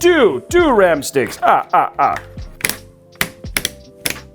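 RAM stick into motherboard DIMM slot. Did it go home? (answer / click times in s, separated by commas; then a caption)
yes / 3.2 s, 3.6 s. Someone talks, then DDR5 memory sticks are pressed into the motherboard DIMM slots until the slot latches snap shut. Sharp, solid clicks are heard at 3.2 s and 3.6 s, with a few smaller knocks around them. The RAM sticks are seated.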